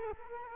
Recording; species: mosquito wingbeat signal from an infrared sensor; Culex quinquefasciatus